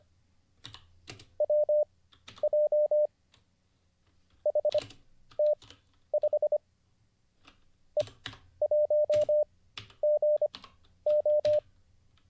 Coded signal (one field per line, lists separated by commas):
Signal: Morse code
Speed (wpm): 25 wpm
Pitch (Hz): 600 Hz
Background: none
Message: WJ HT5 E1GO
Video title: Let's Get Back to Learning Morse Code (Day 35) [Livestream]